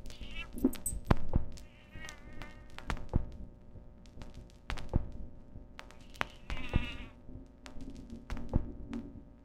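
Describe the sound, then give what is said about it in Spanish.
A cat shuffles around recording equipment, including a console, making scattered sharp knocks and thumps with light rattling between them, plus a couple of brief high, whiny tones. No one speaks. “El gato me va a tirar una consola.”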